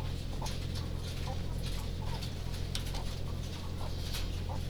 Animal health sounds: poultry house recording; sick chickens (respiratory disease)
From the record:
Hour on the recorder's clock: 20

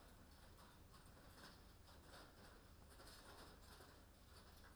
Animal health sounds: poultry house recording; no chicken sound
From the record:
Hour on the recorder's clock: 20

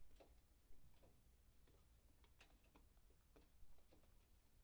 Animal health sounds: poultry house recording; no chicken sound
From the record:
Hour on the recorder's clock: 0

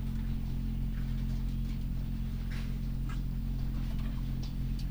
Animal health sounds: poultry house recording; sick chickens (respiratory disease)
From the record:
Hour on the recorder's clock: 2

